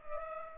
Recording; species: mosquito wingbeat signal from an infrared sensor; Culex pipiens